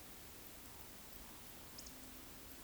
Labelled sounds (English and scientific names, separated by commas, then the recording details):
Eurasian Woodcock (Scolopax rusticola) whistle, Eurasian Woodcock (Scolopax rusticola) croak
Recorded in Baden-Württemberg, Germany, on 9 May 2021 at 19:27 UTC
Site 23718, 552 m above sea level